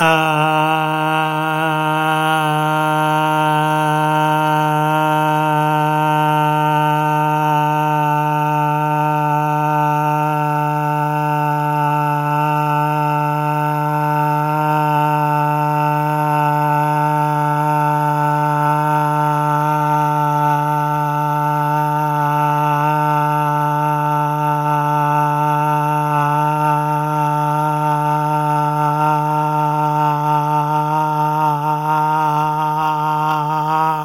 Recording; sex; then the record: sustained vowel /a/; male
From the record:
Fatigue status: no fatigue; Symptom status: symptomatic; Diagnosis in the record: COVID-19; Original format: m4a